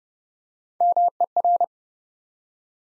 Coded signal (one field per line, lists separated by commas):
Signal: Morse code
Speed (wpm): 30 wpm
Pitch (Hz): 700 Hz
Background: none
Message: MER